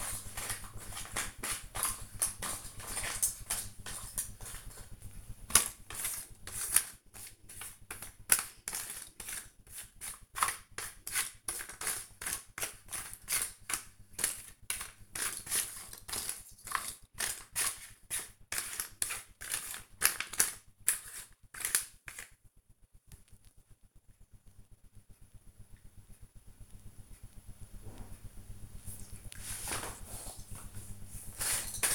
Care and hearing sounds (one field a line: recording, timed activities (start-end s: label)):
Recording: household activities, microphone on the right wrist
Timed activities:
0.00-31.95 s: doing a puzzle